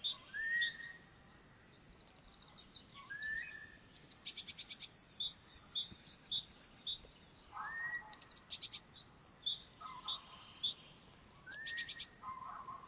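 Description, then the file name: Eurasian curlew calls: a few upslurred whistles, rising then levelling, among busy high chirps and trills from other birds. "courlis cendre - numenius arquata"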